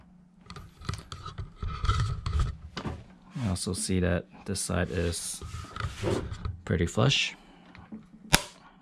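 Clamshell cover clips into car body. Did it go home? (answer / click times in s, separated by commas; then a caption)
yes / 8.3 s. A plastic clamshell cover is pressed down onto a car body while someone talks, with scattered handling taps and knocks along the way. A loud, sharp snap at 8.3 s marks its auto clips snapping into place, and the cover is seated.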